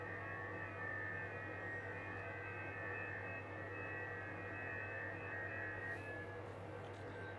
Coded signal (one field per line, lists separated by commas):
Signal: FT8